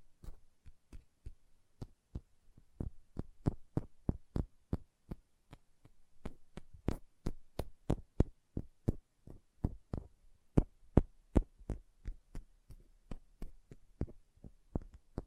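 Nail tapping in a steady, brisk rhythm of sharp clicks, about three per second and often falling in pairs, like a heartbeat. Each tap is crisp and bright with a soft thump beneath. A faint low hum runs underneath throughout.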